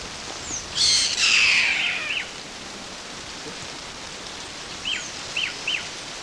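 Harsh, drawn-out bird squawk, followed a few seconds later by three short, clipped downslurred chirps in quick succession.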